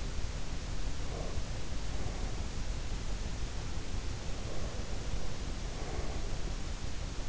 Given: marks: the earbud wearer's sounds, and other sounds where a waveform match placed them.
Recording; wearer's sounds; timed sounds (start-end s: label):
sounds in sleep by an in-ear microphone; breath
0.73-2.63 s: breath
4.09-6.42 s: breath